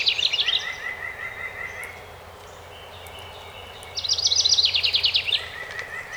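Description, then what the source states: House wren giving two rapid, buzzy, tumbling trills a few seconds apart, with another bird's repeated notes in between. Recorded 12 May 2018.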